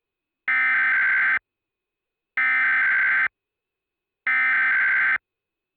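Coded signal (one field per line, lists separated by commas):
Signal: Emergency Alert System (SAME) tones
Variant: header bursts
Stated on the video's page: Hypothetical what-if SAME alert for a tsunami warning for Hawaii, made with macros.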